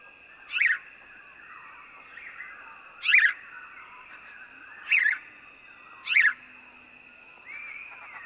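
House sparrow calling with four bright, abrupt cheeps at uneven intervals, plus softer faint chatter and a constant high-pitched tone.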